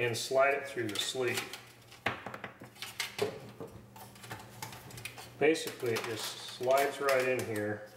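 A car stereo head unit is handled and slid through the metal mounting sleeve of a plastic dash kit. Someone talks while short sharp clicks and rattles sound at about 2.1, 2.8, 3.0, 3.2, 4.6 and 5.1 seconds. Nothing has seated or latched yet.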